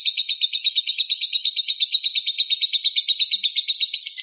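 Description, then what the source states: Lovebird delivering fast, regular shrill chirps, each note scratchy and metallic, continuing without pause. Konslet song style.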